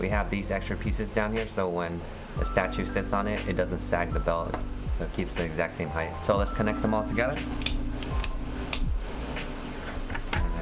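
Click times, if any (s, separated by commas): 8.7 s, 10.3 s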